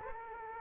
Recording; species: mosquito wingbeat signal from an infrared sensor; Aedes aegypti